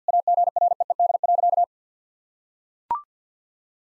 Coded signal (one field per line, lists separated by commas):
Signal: Morse code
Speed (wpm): 45 wpm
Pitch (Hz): 700 Hz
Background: none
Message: AGREED.